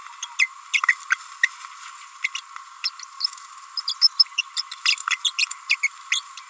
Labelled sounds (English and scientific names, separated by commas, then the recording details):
Green-rumped Parrotlet (Forpus passerinus) babbling
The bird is a female
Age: 29 days
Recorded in a nest box in Venezuela
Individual 17B42A4